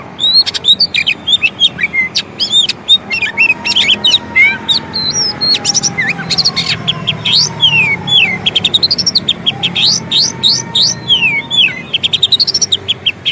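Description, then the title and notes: Oriental magpie-robin singing a dense, varied stream of bright whistles, chips and rising slurs, with a faint lower drawn-out whistle underneath. Long-duration fill-in (isian) song material for training kacer to sing actively (gacor) day and night. "Kacer Jadi Gacor Siang Malam. Isian Kacer Durasi Panjang"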